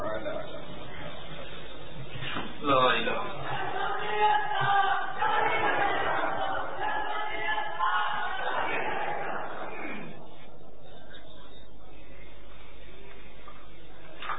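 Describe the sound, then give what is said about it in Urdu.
A crowd of voices shouts religious slogans together in loud, overlapping bursts for several seconds at a Madani Muzakray gathering, then the chanting fades into a quiet murmur. “ابھی نعرے مدینہ, ابھی نعرے نہ لگائیں صاحب بھائی اطراف میں چند سوئے ہوئے ہیں.”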